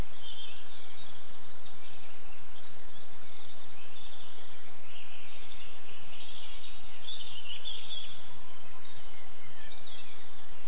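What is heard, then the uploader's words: Birdsong at dawn at the Dorset Beaver Project site, heard as a soft, constant wash of high chirps and twitters over a steady hiss. The calls thicken into a brighter cluster of sharp notes around the middle, then settle back to the even, dense chorus. Experience the Dawn Chorus. Sit back and immerse yourself in the rich and vibrant sounds of birdsong from the Dorset Beaver Project site and reconnect with nature.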